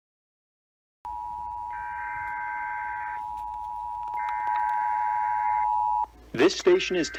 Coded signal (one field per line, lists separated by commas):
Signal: Emergency Alert System (SAME) tones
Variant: 853 and 960 Hz attention tone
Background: speech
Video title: Southern Oregon's RMT (EAS #2752-2756)